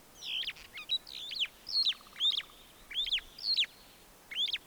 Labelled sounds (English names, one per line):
Superb Starling flight call